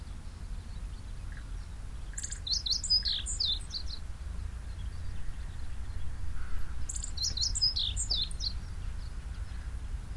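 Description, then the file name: Japanese tit calls in two short bursts of sharp, high chirping notes about four seconds apart, over a steady low rumble. "shijyukara"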